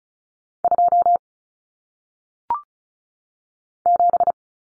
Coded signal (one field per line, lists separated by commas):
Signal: Morse code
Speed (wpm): 36 wpm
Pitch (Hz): 700 Hz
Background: none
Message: 2 7